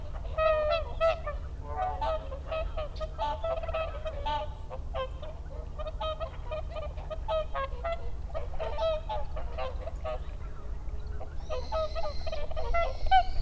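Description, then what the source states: Whooper swans giving a continuous chorus of honking, trumpet-like calls, many birds overlapping, with steady low droning noise beneath. Recorded 30 December 2009.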